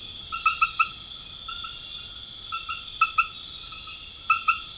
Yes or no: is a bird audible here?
no